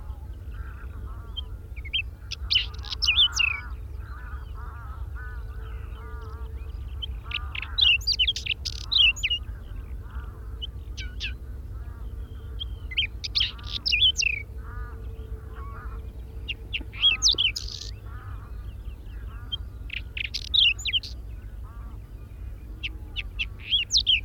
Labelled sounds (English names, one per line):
Whinchat song